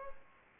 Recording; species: mosquito wingbeat signal from an infrared sensor; Culex pipiens